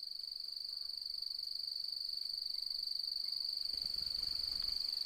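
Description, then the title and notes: Cricket song, a continuous high shrill trill of rapid pulses holding an even pitch. Nocturnal cricket song beginning at dusk as full moon rises, fluctuating; autumn, 4 May 2015; Mallee woodland, outback, Mungo National Park, NSW, Australia. "Autumnal Dusk At Mungo National Park, NSW, Australia. As the light fades and the full moon rises.. the nocturnal cricket song begins and fluctuates. Recorded on the 4th of May, 2015 in the outback"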